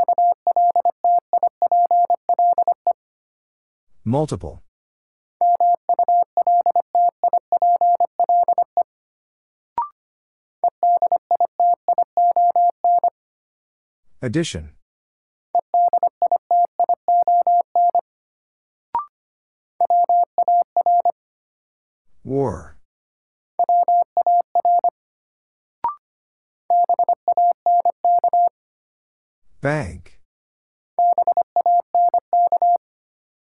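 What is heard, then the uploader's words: A word is sent in Morse code as a steady, mid-pitched beep keyed in quick dots and dashes, grouped in bursts a few seconds long. Short sweeping whooshes fall between groups near 4, 14, 22 and 30 seconds, with faint clicks between. Sets of 5 Words - New Word Drill - 25wpm. First, the word is sent in Morse code.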